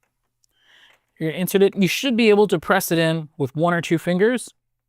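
An expander cartridge is lined up on its top and bottom guides and pressed into the black cartridge slot of an inkjet printer with one or two fingers. Someone talks over a faint handling rustle near the start. Nothing has seated or clicked yet.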